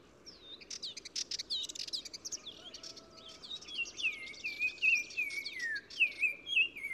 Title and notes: OISEAU TELEPHONE. 15 mars 2000-Oued Massa - Maroc. le Téléphone tchagra (Tchagra senegalus - Black-crowned Tchagra) qui se fait remarquer par sa phrase répétée du plus bel effet